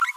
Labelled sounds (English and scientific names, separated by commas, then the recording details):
Green-rumped Parrotlet (Forpus passerinus) babbling
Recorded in a nest box in Venezuela
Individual 18B25A3